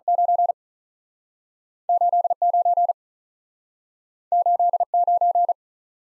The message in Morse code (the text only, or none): 9 8 9 8 9